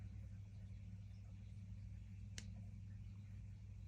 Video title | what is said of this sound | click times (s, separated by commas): Beaded Bracelet Tutorial Using Magic Crimp Beads - Jewellery Making | You hear a little click. | 2.4 s